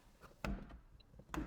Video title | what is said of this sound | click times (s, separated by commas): No Wires, No Mess - FitCamX Dash Cam in My Civic Type R | snap right in place. | 0.4 s, 1.3 s